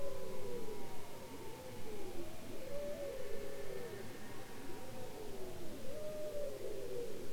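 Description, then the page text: Bowhead whale vocalising with a series of looping, swooping low tones, arched calls following one another almost continuously above a constant deep background rumble. "Bowhead whales ( Balaena mysticetus ) are copycats, imitating sounds heard in their environment. Polar Research"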